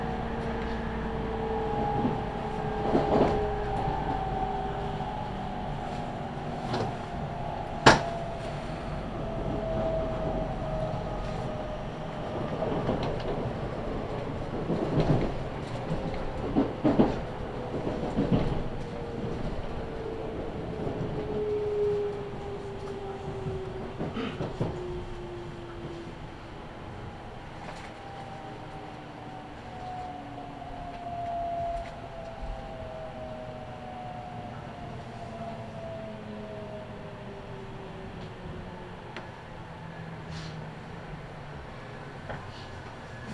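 A local train on the Chuo West Line runs between Nagoya and Kozoji, its motor whine sliding downward in pitch as it slows. Sharp clanks and thumps from the wheels come often in the first half, with a steady low rumble throughout that eases toward the end.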